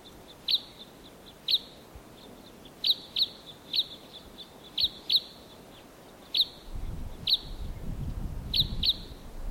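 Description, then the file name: Red crossbill calls: sharp, clipped kip notes given singly or in quick pairs, repeated many times, with low rumbling noise building toward the end. "fichtenkreuzschnabel"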